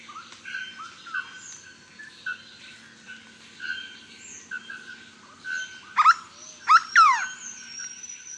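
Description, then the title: Hooded berryeater giving a few loud, rough swooping notes near the end, after several seconds of faint chirps and whistles from other birds. "LuckyPassaro Completos2Sama. Hooded Berryeater (Carpornis cucullata)"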